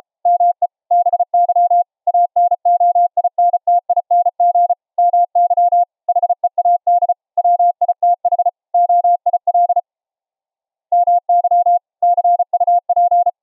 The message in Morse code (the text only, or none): ME BY ANOINTING MY HEAD WITH OIL MY CUP